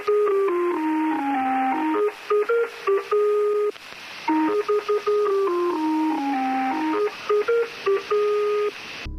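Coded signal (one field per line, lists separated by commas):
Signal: numbers station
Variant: Lincolnshire Poacher (E3)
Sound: short electronic folk tune phrase played twice in a row over hiss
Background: radio static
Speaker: One of the most famous number stations ever discovered became known as the Lincolnshire Poacher. Before every transmission, listeners heard a few bars from an old English folk song.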